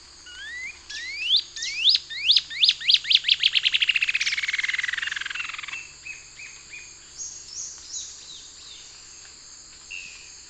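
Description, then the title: Cinereous antshrike call: upslurred whistled notes that speed up into a rapid, falling rattle lasting several seconds, with high rhythmic insect buzzing and other bird chirps behind. Subspecies Thamnomanes caesius glaucus. "LuckyPassaro Completos2Sama. Cinereous Antshrike (Thamnomanes caesius glaucus)"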